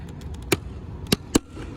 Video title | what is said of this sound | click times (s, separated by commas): Amber Sequential Mirror Signals - TSX mirror signal install/ replacement | Just like that. I don't know if you could tell from the camera, but now that it's clicked in place, | 0.5 s, 1.1 s, 1.4 s